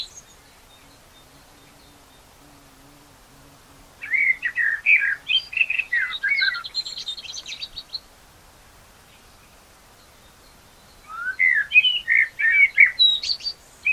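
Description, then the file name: Common blackbird singing two phrases of rich, varied whistled notes, the first ending in high squeaky twitters, separated by a quiet gap of several seconds. "Turdus merula"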